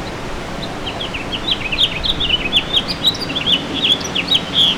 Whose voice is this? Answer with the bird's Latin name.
Haemorhous mexicanus